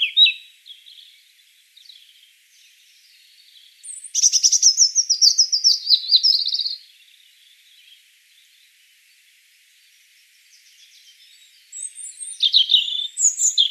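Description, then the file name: European robin song with a fast, descending silvery trill in the middle, framed by softer scratchy notes and a later burst of high tinkling phrases. "Erithacus rubecula"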